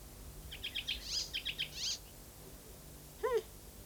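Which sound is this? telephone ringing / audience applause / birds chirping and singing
birds chirping and singing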